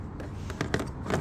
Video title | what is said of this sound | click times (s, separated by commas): RYOBI 40V HP BRUSHLESS 600 CFM BLOWER VACUUM KIT RYOBI RY404150 | if I can get it in there there it goes and it locks in place | 0.7 s